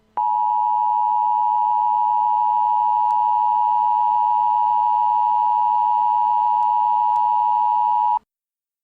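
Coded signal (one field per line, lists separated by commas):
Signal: Emergency Alert System (SAME) tones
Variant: 853 and 960 Hz attention tone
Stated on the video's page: Fictional tornado warning EAS scenario made for a game, not a real alert.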